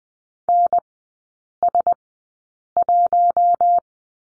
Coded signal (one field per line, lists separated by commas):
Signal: Morse code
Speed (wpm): 19 wpm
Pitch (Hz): 700 Hz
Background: none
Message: NS1